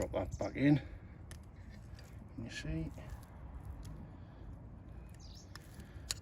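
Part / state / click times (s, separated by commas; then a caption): retaining circlip into brake caliper piston / seated / 6.1 s. Someone talks while a metal retaining circlip is pushed into a new rear brake caliper piston to hold the internals in place. A few faint metallic ticks come before a sharp, loud click at 6.1 s as the circlip seats into the groove inside the piston.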